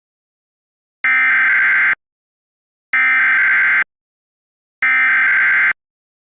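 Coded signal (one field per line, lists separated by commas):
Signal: Emergency Alert System (SAME) tones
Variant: header bursts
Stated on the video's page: Fictional EAS scenario.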